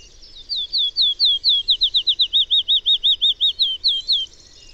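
Bird song: a rapid series of clear, high slurred whistled notes, nearly twenty in a row, closer together in the middle, over faint background hiss.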